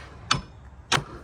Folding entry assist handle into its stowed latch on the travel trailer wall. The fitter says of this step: locks in place. You're good to go.